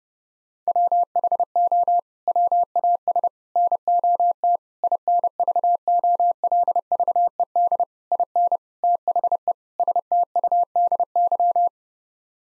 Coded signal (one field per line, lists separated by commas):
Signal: Morse code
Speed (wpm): 30 wpm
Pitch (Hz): 700 Hz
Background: none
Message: WHO WAS NOT INVOLVED IN THE STUDY